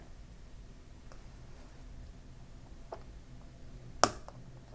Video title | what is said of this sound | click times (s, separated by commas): DeAgostini Lotus F1 Model - (Stages 13-14) | there you can even hear it snap | 4.0 s